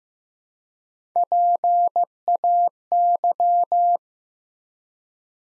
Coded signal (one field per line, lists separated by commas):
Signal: Morse code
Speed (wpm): 15 wpm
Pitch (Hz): 700 Hz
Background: none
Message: PAY